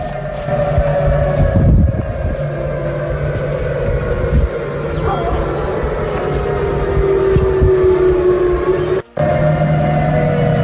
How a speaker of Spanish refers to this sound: Es la sirena en la que oficialmente se activa la alerta de tsunami en esta región del mundo tras un potente terremoto de 7.8 grados.